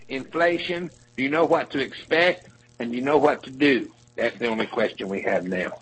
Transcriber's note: none